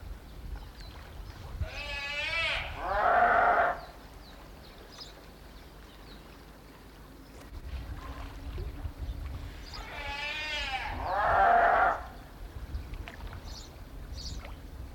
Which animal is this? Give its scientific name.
Arctocephalus pusillus